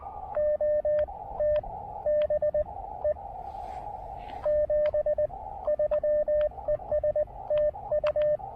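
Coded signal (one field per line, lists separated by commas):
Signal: Morse code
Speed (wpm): 18 wpm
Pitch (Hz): 600 Hz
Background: radio noise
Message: OTB E 73 ES TU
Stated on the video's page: Speedy QRP CW park activation using an Elecraft KX2 with AX1 antenna.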